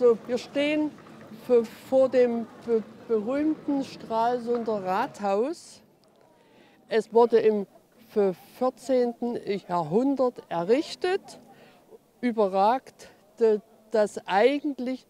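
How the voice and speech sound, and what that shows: A 61-year-old woman, a nurse who has stuttered since childhood, speaks German while presenting the Stralsund town hall on a city tour at a stuttering congress in Stralsund, as confrontation therapy. Her speech has sound prolongations and part-word repetitions at word onsets, with long pauses between phrases.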